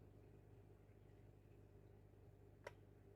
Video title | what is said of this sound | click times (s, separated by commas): Tuto : Réparation du distributeur de nourriture Resun qui ne tourne plus | et une fois qu'on a entendu le clic c'est qu'on peut visser qu'on est dans le pas de vis | 2.7 s